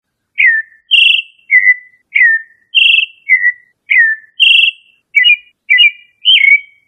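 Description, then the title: Thrush singing bright whistled notes alternating high and lower pitch, falling slurs, then quicker paired chirps near the end, steady rhythm with short gaps. "Familia Turdidae - Sabia"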